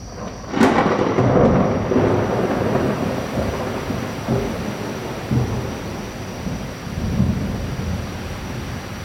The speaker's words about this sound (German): Solche Wolkenbrüche und tropischen Gewitter sind eines der beeindruckendsten Merkmale des tropischen Regenwaldes.